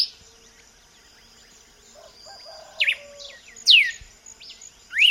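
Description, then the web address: Red-cowled cardinal song: after a quiet start, a few loud whistled slurs near the end, with background chirps and insect hum. "vocs paroaria dominicana"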